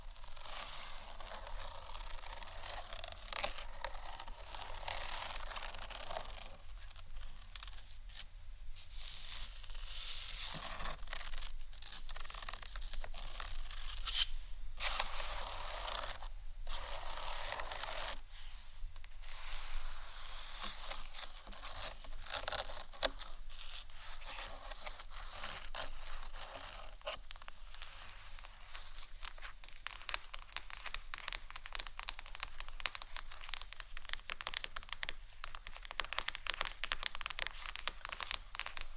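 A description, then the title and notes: ASMR head mic triggers fill the whole stretch: dense, crackly scraping and rustling with a bright hiss that rarely lets up. Short pauses or softer dips come around 7, 10, 15 and 18 seconds, and a low steady hum runs underneath throughout. ASMR Unique Head Mic Triggers（No Talking）.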